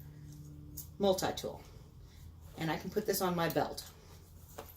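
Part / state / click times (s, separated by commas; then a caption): pouch snap fastener onto belt / seated / 4.6 s. Someone talks while fastening a small homemade survival-kit pouch, holding a multi-tool, onto a belt; the kit was made specifically to carry on the belt. The pouch's snap fastener closes with a short, sharp click at 4.6 s, and the snap is seated in place.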